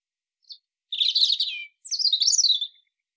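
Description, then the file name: European robin song: a faint high note, then two bright, quick warbling phrases of tumbling, silvery notes, the second pitched higher. "Erithacus rubecula"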